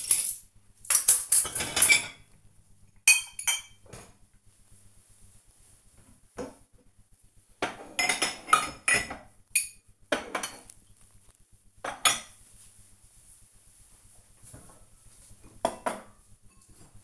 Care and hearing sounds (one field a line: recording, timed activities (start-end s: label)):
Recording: household activities, microphone on the right wrist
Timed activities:
0.00-17.04 s: putting away the dishes